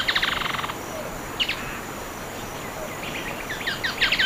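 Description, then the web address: Parker's spinetail song, a fast rattling trill at the start, then scattered sharp chips over a steady insect hiss. Song and calls, eastern lowlands of South America. "Natures Songs S America Eastern Lowlands. Cranioleuca vulpecula, song and calls"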